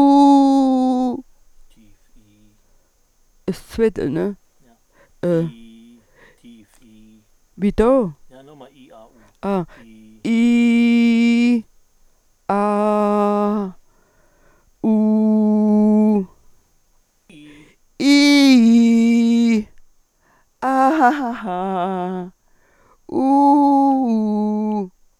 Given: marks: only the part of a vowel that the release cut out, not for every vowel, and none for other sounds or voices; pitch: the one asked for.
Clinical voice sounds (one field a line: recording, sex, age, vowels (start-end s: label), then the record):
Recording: sustained vowels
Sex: female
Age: 70 to 79 years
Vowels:
0.44-1.07 s: vowel /u/, high pitch
10.47-11.36 s: vowel /i/, low pitch
12.67-13.43 s: vowel /a/, low pitch
14.96-15.68 s: vowel /u/, low pitch
18.21-19.11 s: vowel /i/, low-high-low pitch
20.73-21.81 s: vowel /a/, low-high-low pitch
23.55-24.72 s: vowel /u/, low-high-low pitch
From the record:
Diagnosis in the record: central laryngeal movement disorder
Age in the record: 74 years